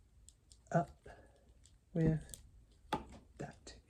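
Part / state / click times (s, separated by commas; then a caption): plastic figure part into its mating part on the toy body / not seated / none. A thumb or finger pushes a plastic part of a transforming action figure into its mating part on the toy body while lining it up, with faint plastic taps and rubbing between bursts of talk as someone talks. The part fails to snap in, and nothing has seated or clicked yet.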